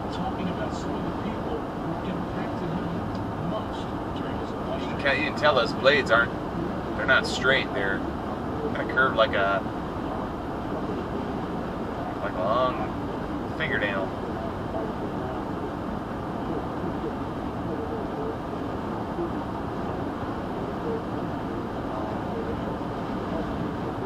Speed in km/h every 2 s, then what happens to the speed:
111, 111, 111, 111, 111, 111, 111, 111, 111, 111, 111, 109.
0-24 steady at about 111.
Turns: none.